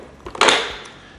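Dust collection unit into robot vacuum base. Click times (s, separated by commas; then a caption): 0.4 s. A keyed dust collection unit is pushed into its slot on a robot vacuum's station, going in only one way. A few faint knocks at 0.2, 0.3 and 0.4 s lead into a sharp, loud hit at 0.4 s that rings briefly and fades, as the unit latches and clicks into place.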